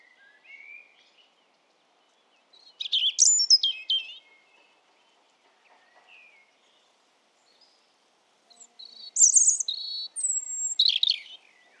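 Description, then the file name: European robin song: faint soft notes, then two strong phrases of high whistles and fast trills several seconds apart. "Erithacus rubecula"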